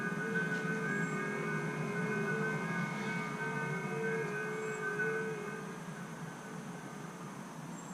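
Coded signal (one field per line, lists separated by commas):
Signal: FT8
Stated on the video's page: FT8 from a POTA activation using a repaired linked dipole.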